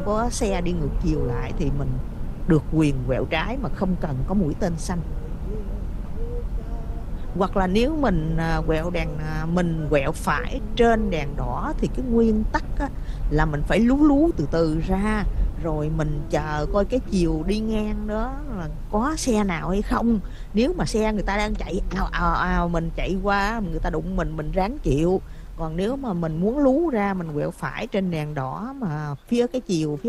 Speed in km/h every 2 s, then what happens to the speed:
69, 68, 66, 66, 66, 63, 63, 60, 55, 50, 42, 32, 23, 6, 2.
0-30 slows to 2.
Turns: none.